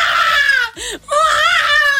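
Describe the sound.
A voice imitates a baby crying with two loud, high wailing bursts split by a short gap, each wavering and strained in pitch, with a brief falling squeal between them.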